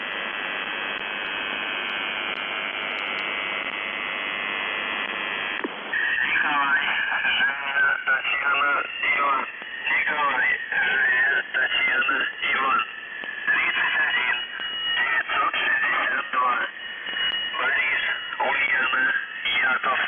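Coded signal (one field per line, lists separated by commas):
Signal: coded military voice message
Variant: UVB-76 voice message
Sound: radio hiss, then a distorted voice speaking steadily over static; no buzzer tones heard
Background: radio static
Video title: The Buzzer/UVB-76(4625Khz) April 8, 2021 15:40UTC Voice message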